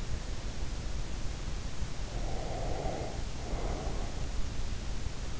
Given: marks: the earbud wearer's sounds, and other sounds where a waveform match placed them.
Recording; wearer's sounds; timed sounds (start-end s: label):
sounds in sleep by an in-ear microphone; breath
2.19-4.26 s: breath